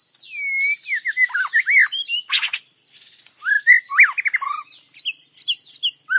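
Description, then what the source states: White-rumped shama song: rich varied phrases of whistled slurs and sweeps, some falling, mixed with harsh buzzy bursts and high sharp notes, delivered in quick bursts. Melodious song.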